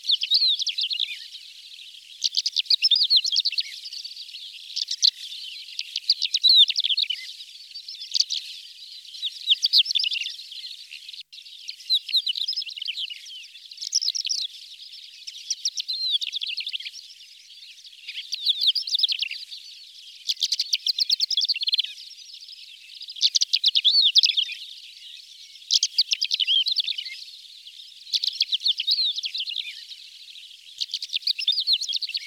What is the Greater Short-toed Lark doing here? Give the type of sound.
song